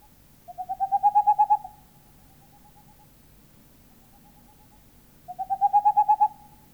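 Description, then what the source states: Tengmalm's owl hooting in two rapid runs of evenly spaced, mellow notes, each run growing louder, with a quiet gap of several seconds between them. Finnish field recording of countryside birds, released on cassette in Finland in 1988.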